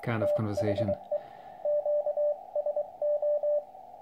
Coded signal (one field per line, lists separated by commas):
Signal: Morse code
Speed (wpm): 24 wpm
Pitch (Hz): 590 Hz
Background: speech, radio noise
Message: THE QSO